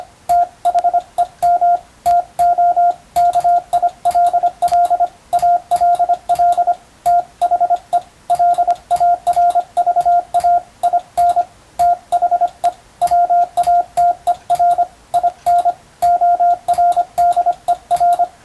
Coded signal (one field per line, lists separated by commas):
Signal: Morse code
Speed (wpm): 25 wpm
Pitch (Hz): 700 Hz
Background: radio noise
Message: THEM TO KILL ALL THE LARVA IN THE WATER IN ORDER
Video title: 無線従事者国家試験総合無線通信士電気通信術のトレーニングにＣＷを打ってみました。アマチュア無線ハムの受信練習にもどうぞ(morse code practice for radio operator )